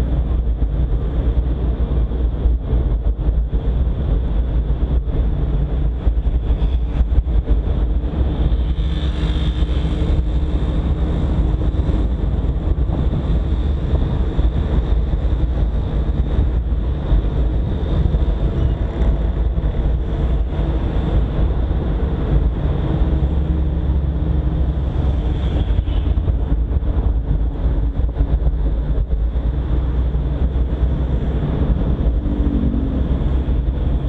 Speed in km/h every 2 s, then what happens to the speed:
34, 35, 37, 39, 40, 42, 42, 42, 44, 43, 41, 39, 37, 36, 36, 38, 37.
0-16 speeds up to 44. 16-25 slows to 36. 25-34 steady at about 36.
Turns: none.